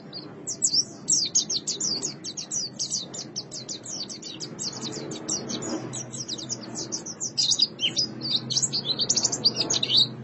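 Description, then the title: White-eye song, dense continuous high twittering with quick chirped notes throughout, over a noticeable low rumbling background. "Kicauan Burung Pleci"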